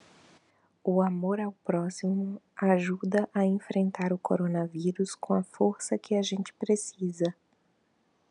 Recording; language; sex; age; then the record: spoken sentence; Brazilian Portuguese; female; 30 to 39 years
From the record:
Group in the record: control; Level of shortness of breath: 0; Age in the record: 36 years